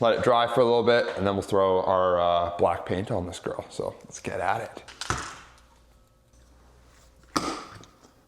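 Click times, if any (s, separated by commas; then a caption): 7.4 s. Someone talks, then the activation plunger on the base of a two-component (2K) aerosol primer can is pressed in, giving a sharp click at 7.4 s. The plunger seats, releasing the hardener into the primer and activating the can.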